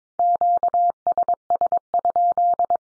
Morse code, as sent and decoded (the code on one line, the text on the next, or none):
--.- ... ... ..--..
QSS?